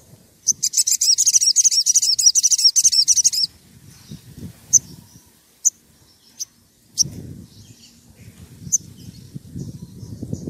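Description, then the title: Oriental magpie-robin song: a three-second burst of fast, high, buzzy chattering, then scattered sharp single notes over a low rumbling noise. Lively, actively singing (gacor) bird's song used as a lure to prompt other magpie-robins to answer. "Pancingan Suara Siulan Kacer Gacor Mantap Untuk Memancing Kacer Lain Agar Mau Nyaut Bunyi"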